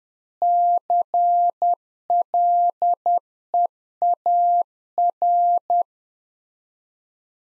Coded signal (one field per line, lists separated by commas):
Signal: Morse code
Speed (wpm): 10 wpm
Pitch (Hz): 700 Hz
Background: none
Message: CLEAR